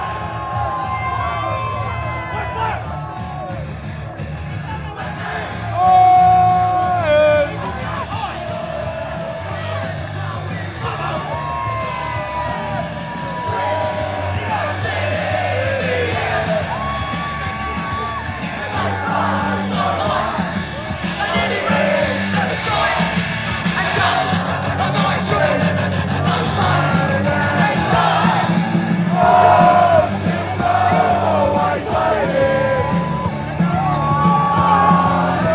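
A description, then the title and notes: A large crowd gathers outside a pub in Plaistow, London, waiting for an open-top bus. Dense chatter, yells and whoops run throughout, with a sharp loud shout around six seconds. The cheering swells and grows busier from about twenty seconds, over a low rumble. Outside the Black Lion in Plaistow, London, UK, at 7.45pm.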